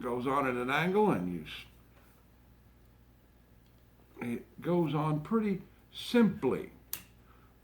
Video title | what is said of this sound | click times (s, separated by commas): Short model lee Enfield. Hey! I got this old used gun | and then simply push it back and it locks into place | 6.9 s